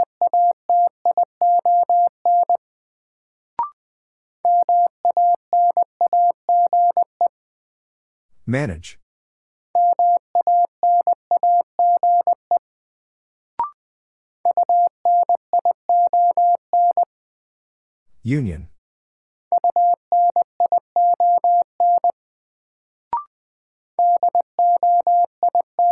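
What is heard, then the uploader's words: A single steady mid-pitched tone keys out a Morse code word in repeating bursts of dots and dashes, broken by two rising sweeps and sharp clicks. New Word Drill - 20wpm. First, the word is sent in Morse code.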